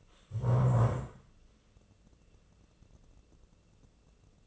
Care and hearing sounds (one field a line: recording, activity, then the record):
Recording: daily activity, microphone in the room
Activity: stand up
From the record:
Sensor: 4